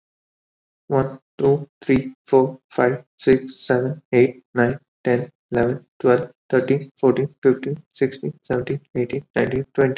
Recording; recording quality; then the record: counting at a fast pace; excellent, no background noise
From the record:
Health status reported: respiratory illness, not identified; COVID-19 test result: not tested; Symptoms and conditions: breathing difficulty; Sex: male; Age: 22 years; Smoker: not ticked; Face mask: not worn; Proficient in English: yes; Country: India